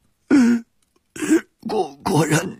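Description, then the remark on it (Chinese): A voice acts out the character Baogong's sudden violent coughing as his face flushes red: four loud, harsh, throaty bursts, the first short and separate, the last two longer and running together, with no other talking. “宝公突然面色赤红，剧烈的咳嗽起来，盯住了独孤信，上下看个不停。”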